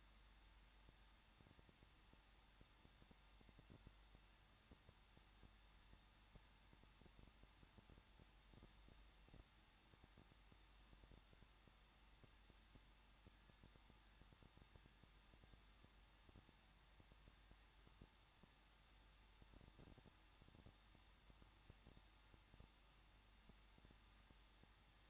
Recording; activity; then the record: daily activity, microphone in the room; no activity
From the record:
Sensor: 3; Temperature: 21.2 degrees Celsius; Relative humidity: 36.2%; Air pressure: 1006.5 hPa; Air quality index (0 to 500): 220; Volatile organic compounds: 39 ppm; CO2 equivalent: 3131 ppm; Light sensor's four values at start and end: 2/3/2/2 and 2/3/2/2